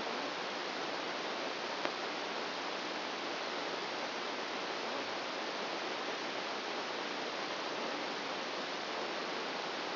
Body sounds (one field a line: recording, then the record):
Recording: brain microelectrode recording played as sound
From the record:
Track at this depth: outside the subthalamic nucleus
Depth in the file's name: -1.109 mm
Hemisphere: right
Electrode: 2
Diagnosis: Parkinson's disease